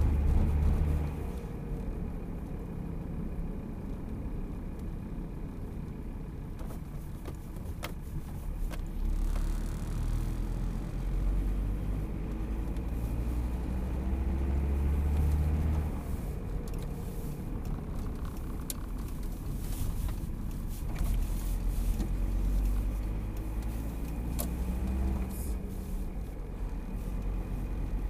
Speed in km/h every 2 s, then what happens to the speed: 37, 34, 28, 22, 19, 24, 31, 37, 36, 24, 18, 25, 33, 33.
0-7 slows to 19. 7-14 speeds up to 37. 14-20 slows to 18. 21-23 speeds up to 33.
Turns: none.